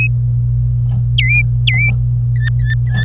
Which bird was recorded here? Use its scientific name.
Serinus canaria